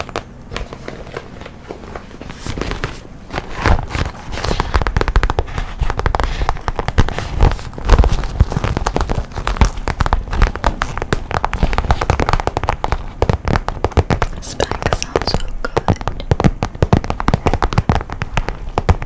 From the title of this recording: triggers tapping personal attention, scratching, fluffy mic, up close, plucking